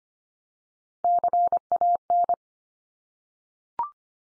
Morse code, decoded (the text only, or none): CAN